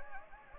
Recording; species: mosquito wingbeat signal from an infrared sensor; Anopheles gambiae